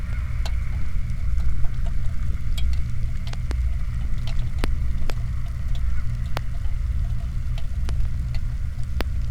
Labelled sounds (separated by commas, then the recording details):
waterfowl, truck, flare stack
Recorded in the Prudhoe Bay oil fields, Alaska, on 15 July 2019 at 06:49
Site 29